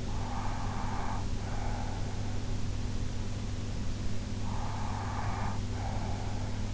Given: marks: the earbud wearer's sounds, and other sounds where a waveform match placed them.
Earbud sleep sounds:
sounds in sleep by an in-ear microphone; breath
0.06-2.18 s: breath
4.40-6.74 s: breath

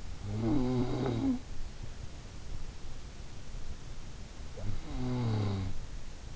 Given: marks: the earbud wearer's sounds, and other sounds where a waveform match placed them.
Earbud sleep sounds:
sounds in sleep by an in-ear microphone; snoring breath
0.00-2.06 s: snoring breath
3.94-6.17 s: snoring breath

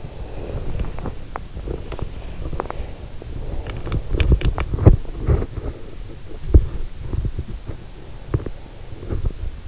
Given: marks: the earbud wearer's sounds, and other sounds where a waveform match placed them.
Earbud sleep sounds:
sounds in sleep by an in-ear microphone; breath, body movement
0.12-1.08 s: breath
1.49-9.68 s: body movement

